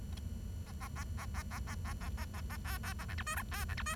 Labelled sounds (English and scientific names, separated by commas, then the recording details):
Bengalese Finch (Lonchura striata domestica) song
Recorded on 23 June 2012 at 10:33
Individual gr41rd51